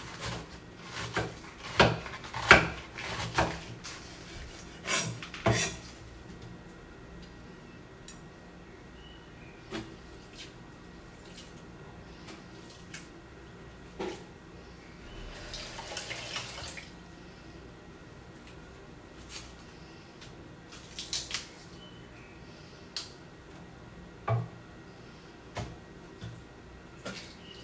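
Cabbage being shredded, heard as sharp, crisp cuts and crunches that come in irregular clusters, busiest in the first six seconds and again around 15 to 17 seconds. Between bursts a low, steady hum and faint rustling fill the gaps, with occasional isolated clicks later on.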